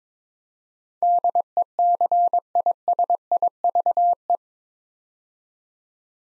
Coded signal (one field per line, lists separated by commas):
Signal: Morse code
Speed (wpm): 21 wpm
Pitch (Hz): 700 Hz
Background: none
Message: DECISIVE